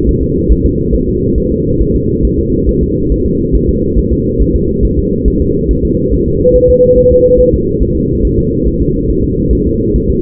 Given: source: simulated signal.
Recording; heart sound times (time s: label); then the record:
fetal heart sounds
0.09 s: S1
0.23 s: S2
0.52 s: S1
0.66 s: S2
0.95 s: S1
1.09 s: S2
1.38 s: S1
1.52 s: S2
1.81 s: S1
1.96 s: S2
2.25 s: S1
2.39 s: S2
2.69 s: S1
2.83 s: S2
3.12 s: S1
3.26 s: S2
3.55 s: S1
3.70 s: S2
3.99 s: S1
4.13 s: S2
4.42 s: S1
4.56 s: S2
4.85 s: S1
4.99 s: S2
5.28 s: S1
5.42 s: S2
5.71 s: S1
5.85 s: S2
6.14 s: S1
6.28 s: S2
6.56 s: S1
6.70 s: S2
6.98 s: S1
7.12 s: S2
7.40 s: S1
7.54 s: S2
7.82 s: S1
7.97 s: S2
8.25 s: S1
8.39 s: S2
8.67 s: S1
8.81 s: S2
9.10 s: S1
9.24 s: S2
9.53 s: S1
9.67 s: S2
9.96 s: S1
10.10 s: S2
From the record:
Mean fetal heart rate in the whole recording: 140 bpm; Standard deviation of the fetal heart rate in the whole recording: 2 bpm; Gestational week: 34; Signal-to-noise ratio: -10.2 dB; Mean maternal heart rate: 72 bpm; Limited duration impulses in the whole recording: present